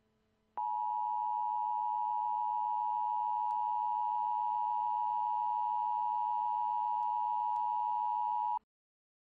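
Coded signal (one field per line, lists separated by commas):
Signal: Emergency Alert System (SAME) tones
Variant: 853 and 960 Hz attention tone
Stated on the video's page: Fictional EAS scenario about a future hurricane, simulated alert.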